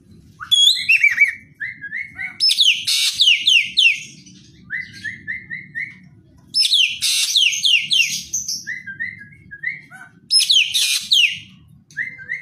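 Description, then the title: Javan green magpie song with shrill downslurred squeals in dense clusters, interspersed with quick rows of short rising whistled notes, repeated throughout. Song described as "gacor". "Cissa Thalassina Gacor"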